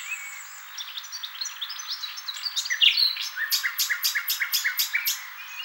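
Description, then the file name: Common nightingale singing soft, varied chirps that build into a loud, steady run of rapidly repeated notes in the second half. "Luscinia megarhynchos"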